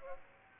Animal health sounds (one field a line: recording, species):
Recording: mosquito wingbeat signal from an infrared sensor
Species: Aedes aegypti